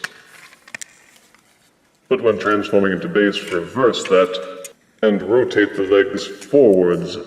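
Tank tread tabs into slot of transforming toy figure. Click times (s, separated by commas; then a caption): 0.0 s, 0.8 s. Small plastic tabs on the inside of the tank tread sections of a transforming action figure are pushed into a slot, giving sharp clicks at about 0.0 and 0.8 seconds with a few faint handling taps between them. The tabs click into place and are seated. Then someone talks.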